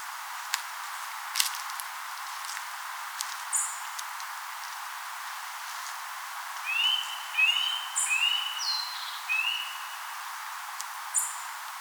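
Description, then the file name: Eurasian nuthatch calls: four short, rising whistled notes in quick succession midway through, with a few faint high chirps over steady background hiss. "Sitta europaea"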